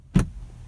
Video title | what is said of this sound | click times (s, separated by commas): YOU WILL NOT BELIEVE YOUR EARS!!----2018 BMW X3 M40i Review | So, when you pull this, it's got a real solid click right there. | 0.2 s